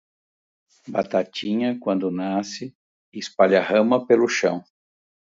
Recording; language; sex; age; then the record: short text; Brazilian Portuguese; male; 60 to 69 years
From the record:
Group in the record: control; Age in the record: 60 years